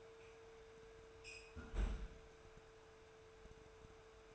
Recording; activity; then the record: daily activity, microphone in the room; close fridge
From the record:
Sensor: 2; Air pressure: 1014.8 hPa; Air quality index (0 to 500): 196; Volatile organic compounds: 17 ppm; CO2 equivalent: 2588 ppm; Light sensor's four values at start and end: 24/58/25/27 and 21/51/22/24